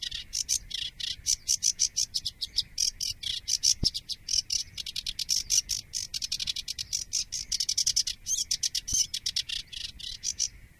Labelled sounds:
Sedge Warbler (Acrocephalus schoenobaenus) song
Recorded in the wild
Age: adult
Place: Moorweiher bei Adelsdorf, Bayern, DE
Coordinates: 49.7394, 11.9222
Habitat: pond
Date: 1961-05-31
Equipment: Stellavox SM 4, Original, Vollspur
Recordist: Tretzel, Erwin

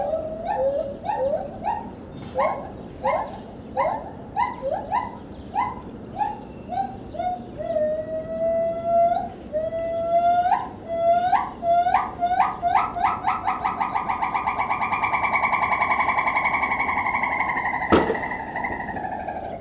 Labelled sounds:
Borneo Gibbon (Hylobates muelleri)
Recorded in captivity
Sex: female
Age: adult
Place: Tierpark Berlin, Berlin, DE
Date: 1970-10-24
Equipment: Uher 4200 Report Stereo, Tesla Verstärker, Sennheiser MD 421, Doppelspuraufnahme
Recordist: Tembrock, Günter

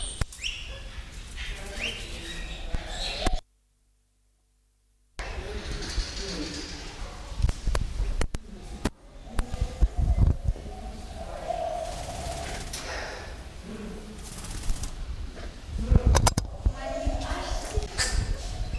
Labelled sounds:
Double-toothed Barbet (Lybius bidentatus)
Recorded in captivity
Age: adult
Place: Zoo Berlin, Berlin, DE
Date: 1998-10-17 12:40
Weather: heiter, 14°C, böiger Wind
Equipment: Sony MD-WM MZ-R3, Sennheiser MKH 416 T, Kopie Uher 4000 Report Monitor
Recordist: Tembrock, Günter
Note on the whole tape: Lautfolge (Kurzlaute) und Sequenz (Drohen gegen Nachbar)

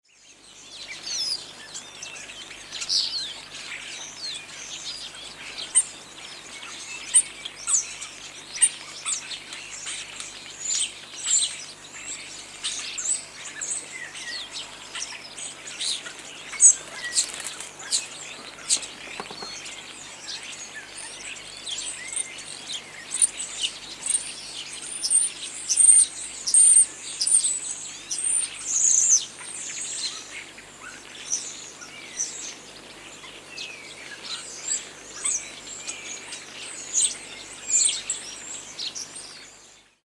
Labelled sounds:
European Starling (Sturnus vulgaris)
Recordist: Tembrock, Günter
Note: Schwarm (im Garten - in Fichten): Laute

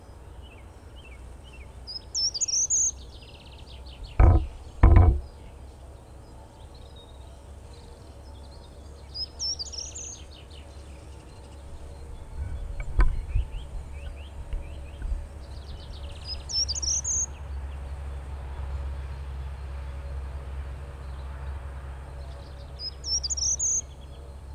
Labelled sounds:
Short-toed Treecreeper (Certhia brachydactyla) song
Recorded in the wild
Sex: male
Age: adult
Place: Freiburg, Baden-Württemberg, DE
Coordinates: 47.9842, 7.87667
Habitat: park
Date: 1960-03-24
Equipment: Vollspur
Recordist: Thielcke, Gerhard

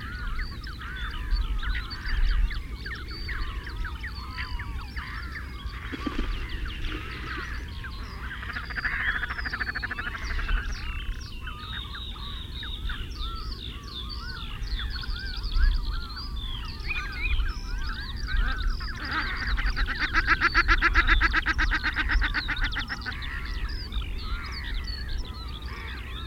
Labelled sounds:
Common Shelduck (Tadorna tadorna) courtship call
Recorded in the wild
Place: Zudar, Mecklenburg-Vorpommern, DE
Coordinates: 54.259, 13.352
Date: 1975-05-01
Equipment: Nagra III BH, Sennheiser MD 21, parabola
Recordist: Schubert, Michael

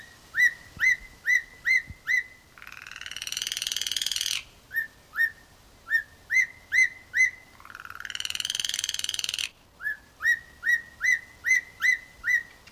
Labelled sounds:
Black-collared Starling (Gracupica nigricollis)
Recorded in captivity
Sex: group
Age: adult
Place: Tierpark Berlin, Berlin, DE
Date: 2002-09-16 14:00
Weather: overcast, partly cloudy, ca. 16 - 17°C
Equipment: Nagra SN, Kopie Uher 4000 Report Monitor
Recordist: Tembrock, Günter

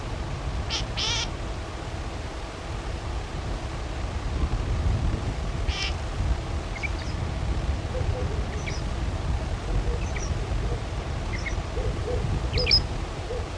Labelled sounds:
Great Grey Shrike (Lanius excubitor)
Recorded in the wild
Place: Knoten, DE
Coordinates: 50.6033, 8.1675
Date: 1964-03-30 16:15
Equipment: Uher Report 4000, AKG D190
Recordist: Krey, Winfried

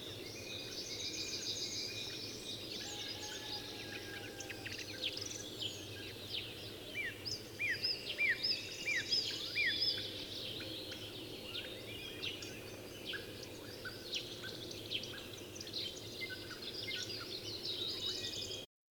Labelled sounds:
Western Roe Deer (Capreolus capreolus) call
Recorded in the wild
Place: Parchtitz, Insel Rügen, Mecklenburg-Vorpommern, DE
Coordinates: 54.342, 13.555
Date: 1976-05-08 06:10
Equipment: Nagra III BH, Sennheiser MD 21, parabola
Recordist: Schubert, Michael

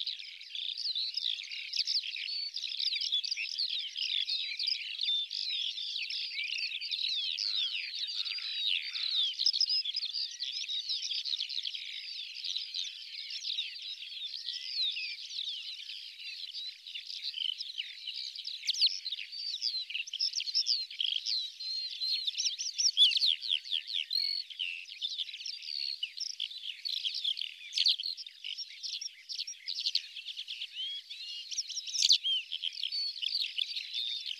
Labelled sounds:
Black Lark (Melanocorypha yeltoniensis) song
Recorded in the wild
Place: Tengiz, KZ
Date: 2000-05-14
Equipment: MiniDisc Sharp MT 20 H
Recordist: Schwarz, Dieter
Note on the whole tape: Song

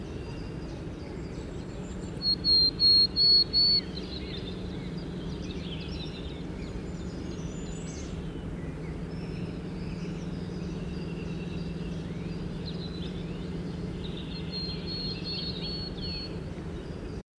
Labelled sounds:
Willow Tit (Poecile montanus) song
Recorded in the wild
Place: Sinaia, Transilvania, RO
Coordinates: 45.331, 25.562
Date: 1976-05-27
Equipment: Nagra III BH, Sennheiser MD 21, parabola
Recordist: Schubert, Michael
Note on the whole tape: Gesang Weidenmeise

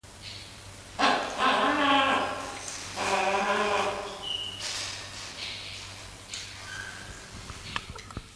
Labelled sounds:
Wrinkled Hornbill (Aceros corrugatus) call
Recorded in captivity
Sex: male
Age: adult
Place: Zoo Rostock, Mecklenburg-Vorpommern, DE
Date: 1984-02-02 15:37
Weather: bedeckt, 2°C
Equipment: Nagra SN, Kopie Uher 4000 Report Monitor
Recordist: Tembrock, Günter

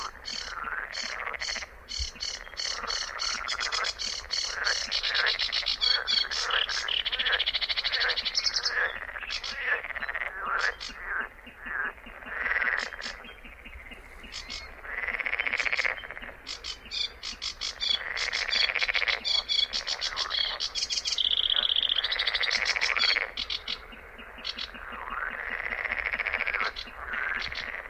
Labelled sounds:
Sedge Warbler (Acrocephalus schoenobaenus) song
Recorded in the wild
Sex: male
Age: adult
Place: Kützerhof, Kummerower See, Mecklenburg-Vorpommern, DE
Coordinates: 53.8494, 12.8597
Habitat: wetland
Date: 2009-06-16
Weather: fair, ca. 15 °C, weak westerly winds
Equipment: Sound Devices 702, Sennheiser MKH 70, Popschutz
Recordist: Frommolt, Karl-Heinz

